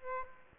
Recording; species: mosquito wingbeat signal from an infrared sensor; Aedes aegypti